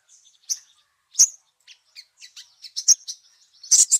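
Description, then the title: Little spiderhunter song: high, sharp chips and short buzzy notes, irregularly spaced, finishing with a loud double burst. 'Labaik' song variety; used for training songbirds. "Sogok Ontong Labaik"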